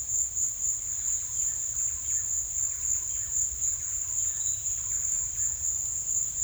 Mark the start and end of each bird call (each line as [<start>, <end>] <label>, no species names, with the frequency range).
[0.89, 5.65] bird call (0.6-4.6 kHz)